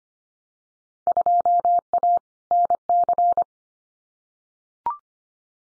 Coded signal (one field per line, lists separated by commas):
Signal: Morse code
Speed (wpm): 25 wpm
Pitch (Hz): 700 Hz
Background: none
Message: 2A NC